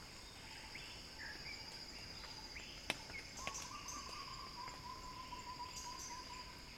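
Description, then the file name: Cicada: insect drone, high and unbroken, while a bird gives short whistles and then a long, level, wavering whistle, with one sharp click partway through. Cicada song building as a crescendo. "earth-fm Axel-Drioli Cicada-Crescendo-Sounding-Wild"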